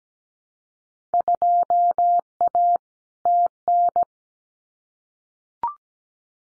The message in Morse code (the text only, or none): 2A TN